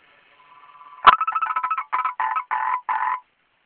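Frog calling: a faint buzzy start, then a burst of quick pulses slowing into four longer harsh croaks.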